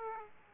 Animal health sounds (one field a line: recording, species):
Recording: mosquito wingbeat signal from an infrared sensor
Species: Aedes aegypti